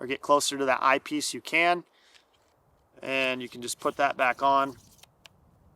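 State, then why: Seated. Someone talks while putting the removable twist-up eyecup cover back onto the eyepiece of a Kowa TSN-55S spotting scope. After the speech ends, two short, sharp clicks are heard at 5.0 s and 5.3 s as the cover is twisted until it locks into place.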